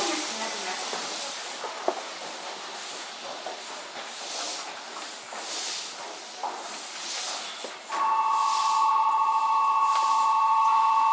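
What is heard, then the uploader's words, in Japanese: A Toei 5300 series train runs between Oshiage and Gotanda, a steady hissing roar with soft knocks and a sharp click near two seconds. Around eight seconds the sound grows louder and a steady high tone holds to the end. 都営5300形 押上ー五反田。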